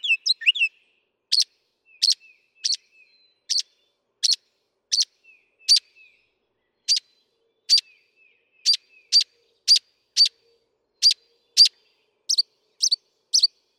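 Northern mockingbird song: a long run of sharp clipped notes repeated at steady intervals, changing to a different note type at the end.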